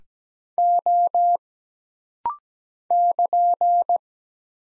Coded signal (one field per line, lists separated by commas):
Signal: Morse code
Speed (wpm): 17 wpm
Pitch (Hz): 700 Hz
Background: none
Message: O <KN>